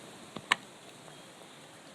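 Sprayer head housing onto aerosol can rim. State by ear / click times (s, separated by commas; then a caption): seated / 0.5 s. A plastic pole-sprayer housing is pushed down over the rim of an aerosol can, and its o-ring retainer spreads and snaps over the rim. A small tick at 0.4 s comes just before a sharp, bright snap at 0.5 s, and the housing seats securely on the can. No one talks.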